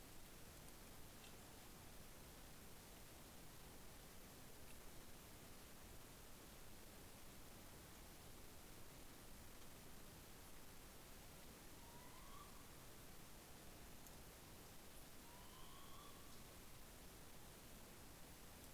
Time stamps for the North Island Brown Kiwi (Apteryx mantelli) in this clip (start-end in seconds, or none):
none